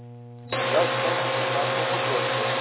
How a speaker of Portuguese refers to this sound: Só veio a portadora, clareza 1.